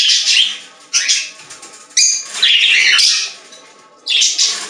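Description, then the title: Budgerigar chatter, several loud bursts of scratchy warbled squawks. "Budgie Sounds"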